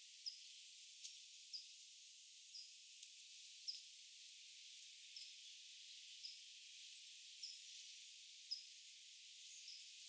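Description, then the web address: Pipit calls: thin, high, clipped notes repeated roughly once a second against a steady hiss, with a few faint extra ticks. Recorded 25 July 2026; the recordist wonders whether it is the same pipit species as the one heard the day before. "paivat 25 7 2026 onko sama kirvislaji kuin mika oli eilen"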